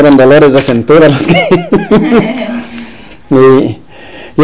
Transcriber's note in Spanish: risas